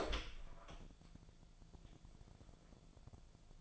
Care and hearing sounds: daily activity, microphone in the room; open door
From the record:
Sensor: 5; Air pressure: 1000.5 hPa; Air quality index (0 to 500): 156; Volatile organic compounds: 2 ppm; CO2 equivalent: 1201 ppm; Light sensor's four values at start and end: 47/110/46/49 and 47/110/46/49

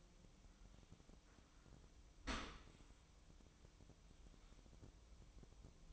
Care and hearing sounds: daily activity, microphone in the room; open dishwasher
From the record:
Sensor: 1

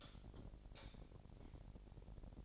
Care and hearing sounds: daily activity, microphone in the room; light off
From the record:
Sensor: 5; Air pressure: 1012.0 hPa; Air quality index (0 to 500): 247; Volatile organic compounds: 5 ppm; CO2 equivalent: 1708 ppm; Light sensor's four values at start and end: 42/101/42/45 and 41/96/40/42

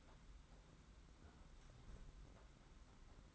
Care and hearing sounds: daily activity, microphone in the room; close fridge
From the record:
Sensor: 3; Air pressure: 991.8 hPa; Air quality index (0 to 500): 215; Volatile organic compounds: 1000 ppm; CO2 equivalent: 7360 ppm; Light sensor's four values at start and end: 33/98/40/34 and 33/98/40/34

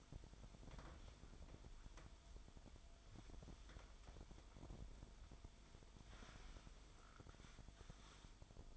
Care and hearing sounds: daily activity, microphone in the room; wipe stove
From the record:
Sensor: 5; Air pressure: 1003.4 hPa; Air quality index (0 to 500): 141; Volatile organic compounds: 2 ppm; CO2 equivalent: 1025 ppm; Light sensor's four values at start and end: 32/72/32/37 and 33/75/33/38

